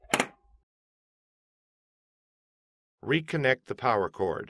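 A plastic duplexer unit is gently pushed into the back of an HP Officejet Pro 8600 e-All-in-One inkjet printer and gives a short, sharp click at 0.1 s as it seats. After a pause, someone talks.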